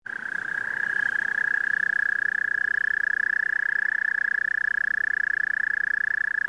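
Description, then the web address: Frog giving a continuous pulsed trill that swells in at the start and then holds steady and unbroken throughout. "лягушки"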